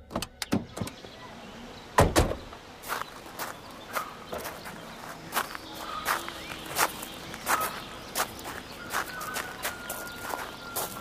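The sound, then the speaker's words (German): Footsteps walk at a steady, unhurried pace, each step a crisp, sharp tap, with a couple of louder scuffs early on. A faint steady hum runs underneath, and no one speaks. “Kommen Sie, Madeleine. Gehen wir ein paar Schritte.”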